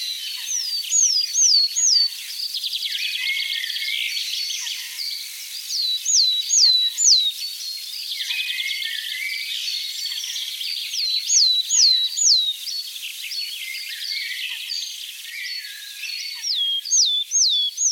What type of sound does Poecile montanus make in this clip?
song